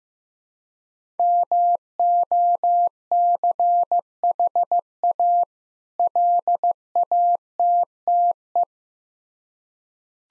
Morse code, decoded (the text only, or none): MOCHA LATTE